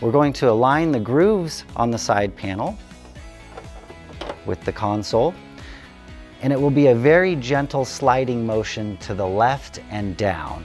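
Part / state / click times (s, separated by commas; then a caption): plastic side panel onto game console body / not seated / none. Someone talks over background music while the grooves on a plastic side panel are lined up with the body of a PS5 game console, ready for a gentle slide to the left and down. A faint handling knock is heard around 4.2 s. The panel has not clicked or seated yet.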